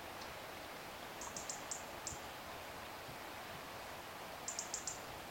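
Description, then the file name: European robin calls as brief, sharp, very high ticking notes, a run of five then a quick cluster of four near the end, against constant soft background hiss. "Erithacus rubecula"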